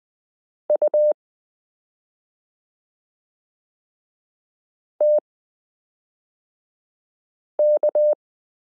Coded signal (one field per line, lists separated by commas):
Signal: Morse code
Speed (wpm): 20 wpm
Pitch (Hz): 600 Hz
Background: none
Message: UTK